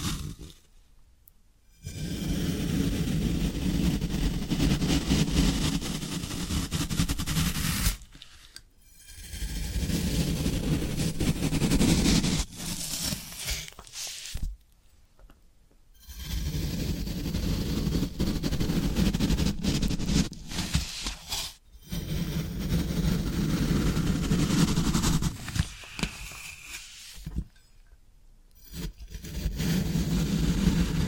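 Floral foam is worked in long, dense stretches of crunchy, crackling friction with a low grainy rumble underneath. Each stretch lasts several seconds and breaks off into short silences, roughly every five to seven seconds, before the rough grinding starts again.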